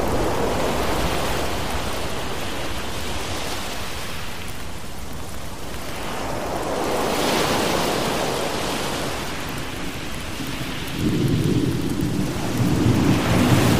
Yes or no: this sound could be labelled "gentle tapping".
no